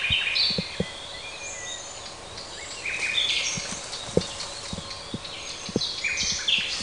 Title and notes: usignolo al parco del Roccolo (giugno 2003)